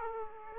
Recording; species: mosquito wingbeat signal from an infrared sensor; Aedes aegypti